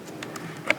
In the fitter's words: and then it just snaps into place.